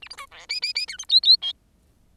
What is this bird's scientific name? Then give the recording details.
Lonchura striata domestica. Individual Bird10